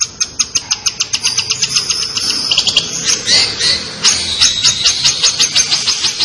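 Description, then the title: Long-tailed shrike song opening with a rapid series of high ticking notes, then a fast, varied, chattering phrase of mixed whistles and clicks. Described as 'gacor', meaning the bird sings actively and continuously. "Cendet Gacor"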